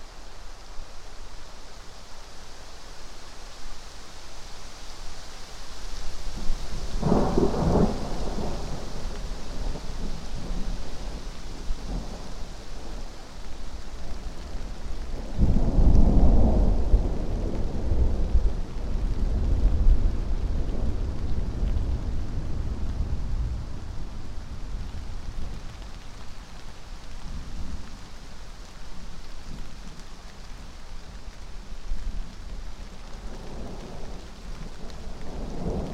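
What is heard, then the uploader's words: Steady rain hisses throughout a passing thunderstorm, with low rumbles of thunder near 7 seconds and a longer, heavier roll from 15 to 24 seconds. Passing Thunderstorm East Of Bear Mountain. A late spring afternoon in a small stand of Quaking Aspen growing beneath tall Ponderosa Pines beside a seasonally flooded meadow located east of Bear Mountain in Shasta-Trinity National Forest, Siskiyou County, California. A microphone is placed on either side of the trunk of a tree, in this case a Quaking Aspen.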